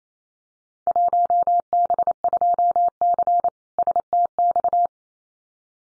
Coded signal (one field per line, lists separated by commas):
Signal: Morse code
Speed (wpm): 28 wpm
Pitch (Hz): 700 Hz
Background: none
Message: 1B2C STX